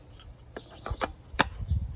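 A Sunforce solar string light panel bracket, its edge with a small notch lined up with the inner notch of its mounting piece, is pushed into place. A few faint taps and handling sounds come first, then a sharp click at 1.4 s as the bracket seats neatly in the notch.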